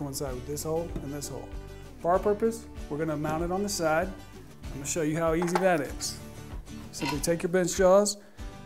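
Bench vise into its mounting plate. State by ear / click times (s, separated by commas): not seated / none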